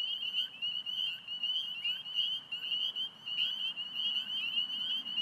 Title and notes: Spring Peepers calling despite their habitat having been recently mowed down (cattails, grasses). Traffic noises in background from Fort Hunt Rd. Alexandria, VA. Recorded 032717 at 8:06pm